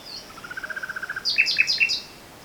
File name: fülemüle-hangja